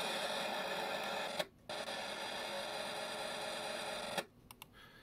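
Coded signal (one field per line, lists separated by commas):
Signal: unidentified radio signal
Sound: dense harsh modem-like hiss that cuts out abruptly twice, then resumes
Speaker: so here we have some kind of digital traffic it's these very densely packed signals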